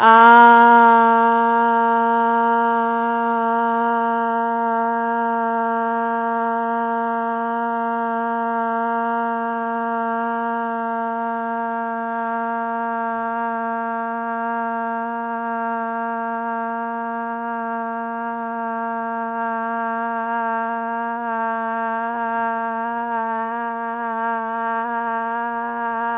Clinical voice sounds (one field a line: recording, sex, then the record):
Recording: sustained vowel /a/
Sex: female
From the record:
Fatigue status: fatigue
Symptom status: symptomatic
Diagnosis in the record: COVID-19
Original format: 3gp